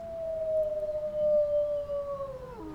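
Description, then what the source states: Wolf howl: a long, pure tone that slowly falls in pitch, then drops more sharply at the end. Captive wolves at a zoo in Dublin at night; howling as a territorial statement warning other packs away from their space.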